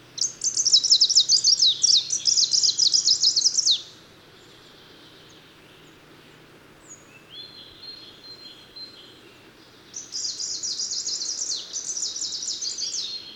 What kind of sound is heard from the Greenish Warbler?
song